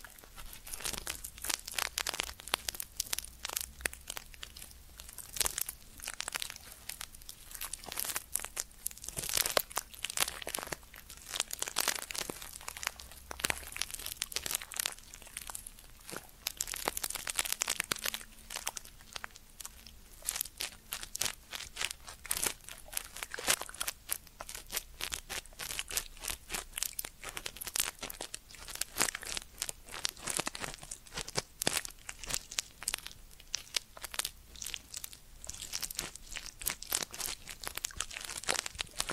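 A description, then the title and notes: Ear cleaning sounds: dense, irregular crinkling and crunching scratches fill the recording, bright and crackly, with constant rapid clicks and rustles throughout. Ear Cleaning Triggers.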